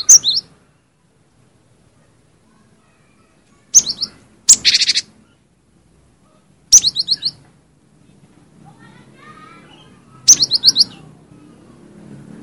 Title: suara burung gelatik winko